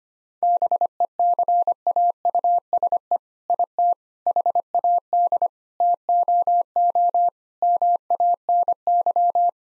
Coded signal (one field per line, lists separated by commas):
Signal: Morse code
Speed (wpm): 25 wpm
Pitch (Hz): 700 Hz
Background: none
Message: BECAUSE IT HAD TOO MANY